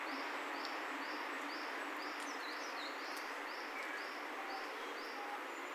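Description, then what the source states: Sakhalin leaf warbler song: a thin, high note repeated steadily about twice a second, with a brief twittering midway over steady background hiss. Song recorded in Saitama City on 13 May 2020.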